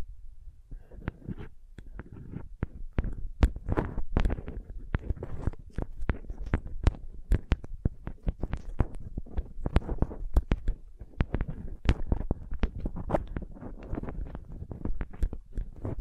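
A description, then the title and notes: Quick, sensitive tapping runs through the whole clip, a dense and uneven patter of sharp taps several times a second. Each tap lands with a soft low thud and a crisp, bright click, and some strikes are noticeably louder than others. ASMR Sensitive Tapping (No Talking).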